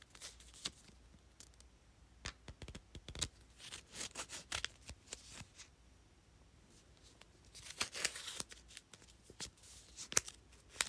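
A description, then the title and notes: Sticky notes are flipped and tapped in quick, papery bursts: sharp crisp clicks and short riffling runs, densest around 2–5 seconds and again from about 7.5 to 8.5 seconds. Brief quiet gaps separate the clusters, with a faint low hum underneath throughout. Flipping and tapping sticky notes.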